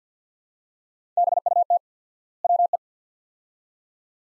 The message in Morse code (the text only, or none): BUT WE